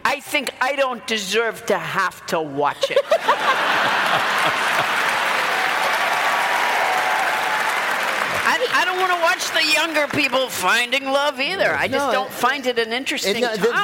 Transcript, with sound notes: I think I don't deserve to have to watch it.
(LAUGHTER)
I don't want to watch the younger people finding love either.
No, it...
I just don't find it an interesting topic.